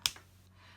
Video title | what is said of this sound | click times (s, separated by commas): Vellum Overlay | my dark marker and you want to put the lids on until you hear them snap that'll | 0.1 s